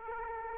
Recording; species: mosquito wingbeat signal from an infrared sensor; Aedes aegypti